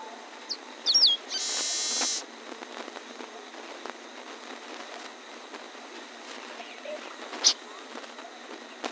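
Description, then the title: Bird giving a few sharp high whistled notes followed by a loud harsh buzzy burst, then quiet apart from one more sharp high note later. "LuckyPassaro Completos2Sama"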